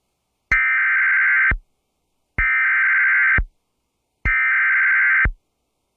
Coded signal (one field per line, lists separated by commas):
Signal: Emergency Alert System (SAME) tones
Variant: header bursts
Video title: EAS Severe Thunderstorm Warning Lexington County, SC (WXRY-FM 99.3) EASyPLUS activation NWS Columbia